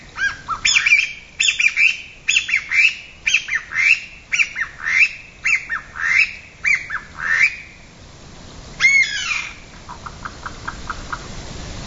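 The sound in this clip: Bamboo partridge calling: a loud series of shrill rising notes repeated about twice a second for eight seconds, then a single note and a brief faint trill.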